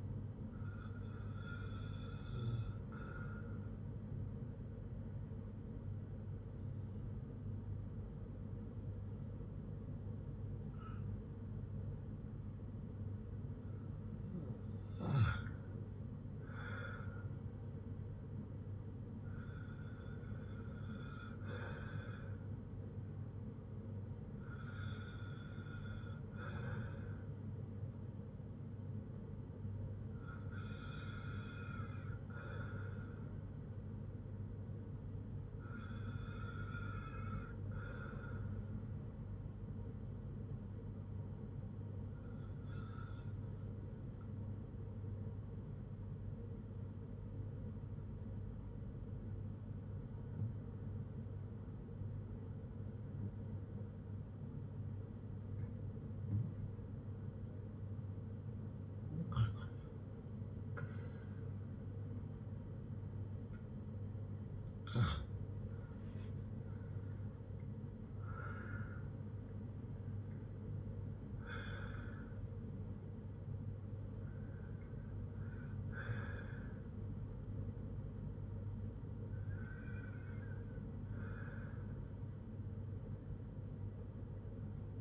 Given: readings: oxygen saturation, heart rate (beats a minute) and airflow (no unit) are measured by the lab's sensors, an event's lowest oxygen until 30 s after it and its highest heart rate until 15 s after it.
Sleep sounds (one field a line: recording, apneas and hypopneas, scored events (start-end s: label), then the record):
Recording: breathing in sleep by a smartphone at the bedside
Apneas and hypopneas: 1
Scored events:
49.00-69.30 s: hypopnea (REM, oxygen 97% highest, then 93% lowest, heart rate 70 at the start, 80 highest)
49.00-85.01 s: new sleep stage, N1 (lightest sleep)
From the record:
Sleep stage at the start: REM sleep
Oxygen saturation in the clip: 94 to 97%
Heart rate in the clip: 55 to 80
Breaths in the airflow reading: 18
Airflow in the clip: -7.8 to 5.1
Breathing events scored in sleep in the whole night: 182 in 7.4 hours asleep